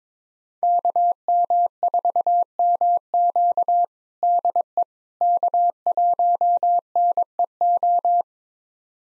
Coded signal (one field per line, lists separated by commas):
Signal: Morse code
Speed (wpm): 22 wpm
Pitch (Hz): 700 Hz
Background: none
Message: KM4MQ DE K1NEO